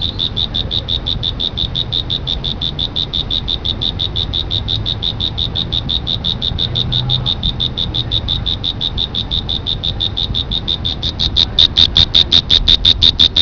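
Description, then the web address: Cricket chirps: a fast, even series of high pulses, about three each second, growing louder near the end, with a rumbling low noise beneath. "特酷声音素材库 动物 昆虫 蟋蟀"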